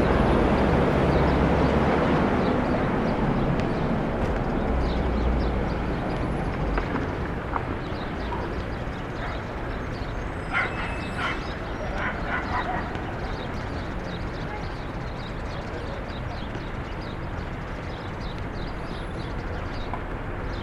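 City ambience from a Brooklyn rooftop at Starr Street facing Maria Hernandez park: a dense, steady wash of traffic noise with a heavier low rumble in the first seven seconds. Faint voices, a possible dog bark and thin chirps surface around ten to thirteen seconds.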